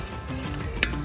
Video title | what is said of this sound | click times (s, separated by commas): Pull the broken transmission for rebuild 2014 GMC Sierra | I think you heard it click in the in the video but click it all the way back press on this and it'll come apart | 0.8 s